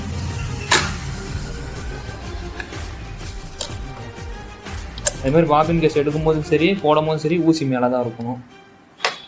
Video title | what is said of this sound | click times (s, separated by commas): sewing machine tips for beginners #sewingmachine#tailoring #fashion #machine #attur#problem #tamil | ஒரு சத்தம் கேட்கும் படக்குன்னு அப்பதான் உட்காந்துக்கிச்சுன்னு அர்த்தம். | 9.0 s